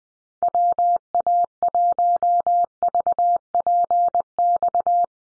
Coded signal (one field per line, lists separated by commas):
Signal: Morse code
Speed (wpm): 20 wpm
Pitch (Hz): 700 Hz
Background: none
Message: WA1VPX